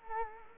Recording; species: mosquito wingbeat signal from an infrared sensor; Culex quinquefasciatus